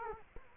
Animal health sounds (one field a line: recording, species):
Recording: mosquito wingbeat signal from an infrared sensor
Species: Culex quinquefasciatus